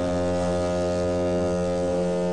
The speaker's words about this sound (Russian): Жапогоблин подходит к девочке и издает громкий гудок.